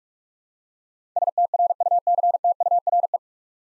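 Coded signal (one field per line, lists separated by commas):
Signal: Morse code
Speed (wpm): 44 wpm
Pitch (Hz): 700 Hz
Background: none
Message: STRUCTURE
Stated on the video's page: Practice set at 45 wpm: nine-letter words sent in Morse, each sent twice, for head-copy training.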